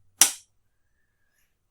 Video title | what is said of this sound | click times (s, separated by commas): Folding Cameras and New Film Cameras in the 2020s - Voigtländer Rollfilm | you get to the Infinity it snaps back into place | 0.2 s